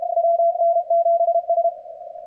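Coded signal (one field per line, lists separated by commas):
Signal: Morse code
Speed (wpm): 32 wpm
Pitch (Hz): 680 Hz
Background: radio noise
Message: WN7S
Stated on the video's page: CWT contest operation on 80 m.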